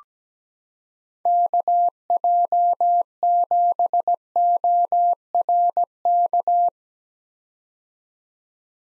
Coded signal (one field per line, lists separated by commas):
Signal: Morse code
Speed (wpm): 17 wpm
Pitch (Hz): 700 Hz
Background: none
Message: KJ7ORK